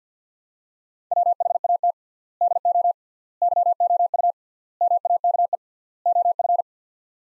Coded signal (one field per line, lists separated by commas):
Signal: Morse code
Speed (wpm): 50 wpm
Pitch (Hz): 700 Hz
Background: none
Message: WHAT DO YOU MAKE OF